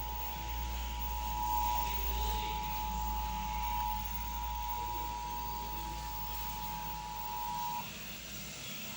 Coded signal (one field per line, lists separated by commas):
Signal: Emergency Alert System (SAME) tones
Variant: 853 and 960 Hz attention tone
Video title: Tsunami Warning (EAS #779) [HD]